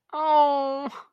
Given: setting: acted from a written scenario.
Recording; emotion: vocal sound without words; disappointment